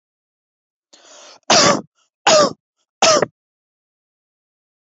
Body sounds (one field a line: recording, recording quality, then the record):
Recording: heavy voluntary cough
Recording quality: excellent, no background noise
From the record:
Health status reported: healthy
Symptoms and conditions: none ticked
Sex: male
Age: 25 years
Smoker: not ticked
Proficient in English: yes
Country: India